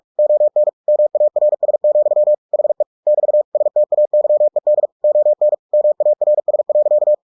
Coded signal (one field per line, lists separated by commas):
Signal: Morse code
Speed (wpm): 46 wpm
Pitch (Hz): 600 Hz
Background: none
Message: ON MARS, HE <BT> STAYED ON MARS.